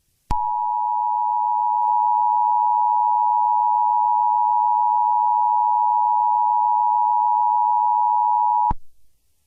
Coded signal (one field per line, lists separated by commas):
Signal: Emergency Alert System (SAME) tones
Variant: 853 and 960 Hz attention tone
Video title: EAS Mock: Rickus Mortus